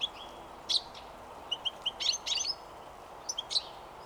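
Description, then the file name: European goldfinch calls: short bright chirps and a liquid twittering burst around two seconds, with a steady low background hiss throughout. "Carduelis carduelis"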